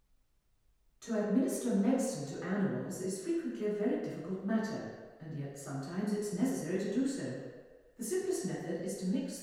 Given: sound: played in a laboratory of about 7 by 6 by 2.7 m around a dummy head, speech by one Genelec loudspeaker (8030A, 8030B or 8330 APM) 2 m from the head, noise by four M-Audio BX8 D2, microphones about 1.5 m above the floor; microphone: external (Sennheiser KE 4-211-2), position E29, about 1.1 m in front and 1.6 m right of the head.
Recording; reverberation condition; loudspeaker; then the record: female speech in English; high; behind (180 degrees)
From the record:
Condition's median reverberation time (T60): about 1300 ms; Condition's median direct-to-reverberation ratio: about -4.0 dB